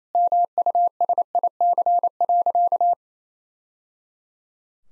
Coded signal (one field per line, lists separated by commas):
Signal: Morse code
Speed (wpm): 27 wpm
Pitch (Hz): 700 Hz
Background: none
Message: MUSIC.